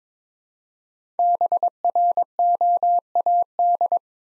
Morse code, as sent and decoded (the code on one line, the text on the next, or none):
-... .-. --- .- -..
BROAD